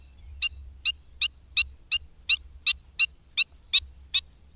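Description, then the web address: Black-winged stilt uttering loud, clipped barking notes about every third of a second, evenly spaced, over quiet low rumble. "Madardalok Gólyatöcs"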